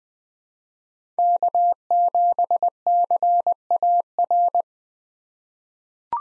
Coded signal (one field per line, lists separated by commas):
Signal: Morse code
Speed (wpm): 20 wpm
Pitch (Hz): 700 Hz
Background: none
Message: K7CAR